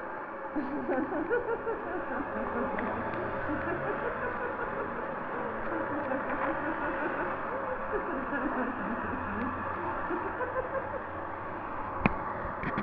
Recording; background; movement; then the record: laughter; traffic; sitting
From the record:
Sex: female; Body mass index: 36.4 kg/m2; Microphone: on the chest, facing the body